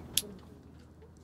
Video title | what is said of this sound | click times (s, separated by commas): Man Overboard prepartion - Yachtmaster - Carrickfergus - Northen Ireland - Ep. 142 | so we've gone for a lock shackle like this that clicks into place and I'm sure you can hear the click | 0.2 s